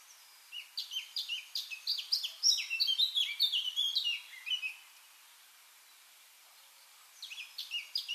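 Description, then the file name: Eurasian blackcap song, a rapid run of varied chirps and sliding whistled notes lasting about four seconds, then a pause before another burst starts. "Sylvia atricapilla"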